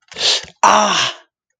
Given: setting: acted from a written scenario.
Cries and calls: vocal sound without words; pain

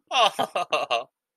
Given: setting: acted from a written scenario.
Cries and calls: vocal sound without words; adoration

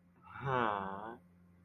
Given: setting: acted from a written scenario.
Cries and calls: vocal sound without words; adoration

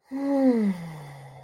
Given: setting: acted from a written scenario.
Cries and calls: vocal sound without words; serenity

